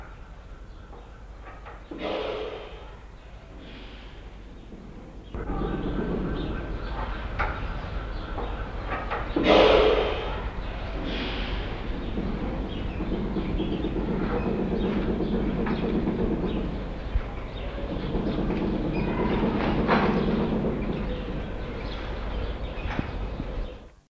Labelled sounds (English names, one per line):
Andean Condor call